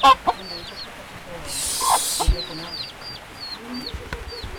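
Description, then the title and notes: Chicken chicks giving scattered high, falling peeps, with a brief loud hissing burst partway through and a few low notes in a noisy background. Chicks on a rainy day at La Guayubira, Uruguay, in 2018, recorded with a Zoom H4n. "Pollitos (Guayubira y La Estiba). Mapa sonoro de Uruguay, 2018, La Guayubira. pollitos un día de lluvia"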